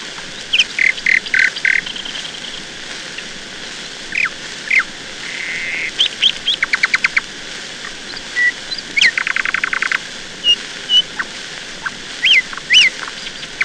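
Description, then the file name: Nightingale singing varied phrases: whistled notes, buzzy bursts and fast machine-gun rattles of clicking notes, each phrase separated by short pauses. "Solovei"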